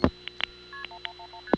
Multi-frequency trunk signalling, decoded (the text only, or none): KP1111ST